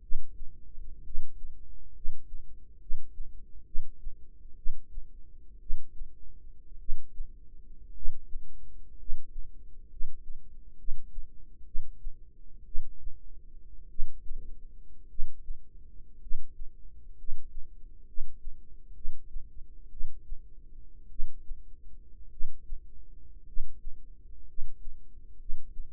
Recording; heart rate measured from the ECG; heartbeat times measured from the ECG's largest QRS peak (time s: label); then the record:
heart sounds by microphone in the right ear; 59 bpm
1.01 s: heartbeat
1.92 s: heartbeat
2.78 s: heartbeat
3.63 s: heartbeat
4.54 s: heartbeat
5.58 s: heartbeat
6.77 s: heartbeat
7.92 s: heartbeat
8.96 s: heartbeat
9.88 s: heartbeat
10.75 s: heartbeat
11.63 s: heartbeat
12.63 s: heartbeat
13.87 s: heartbeat
15.07 s: heartbeat
16.18 s: heartbeat
17.15 s: heartbeat
18.04 s: heartbeat
18.92 s: heartbeat
19.88 s: heartbeat
21.08 s: heartbeat
22.29 s: heartbeat
23.44 s: heartbeat
24.44 s: heartbeat
25.36 s: heartbeat
From the record:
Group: healthy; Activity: cold pressor test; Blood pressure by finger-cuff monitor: 110/45 mmHg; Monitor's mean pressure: 69 mmHg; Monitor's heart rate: 58 bpm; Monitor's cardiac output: 7 L/min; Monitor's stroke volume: 124 mL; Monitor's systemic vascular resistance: 630 dyn s/cm5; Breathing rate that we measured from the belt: 8 breaths a minute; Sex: male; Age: 25 years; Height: 170 cm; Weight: 70.4 kg